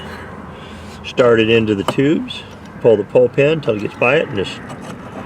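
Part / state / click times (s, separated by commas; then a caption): front license plate bracket into its tube mount on the SUV front bumper / not seated / none. A front license plate bracket is started into its tube mount on the front bumper of a 2024-2026 Porsche Cayenne Turbo GT SUV, with the pull pin drawn back. Someone talks over low background noise, and the bracket has not yet clicked into place or seated.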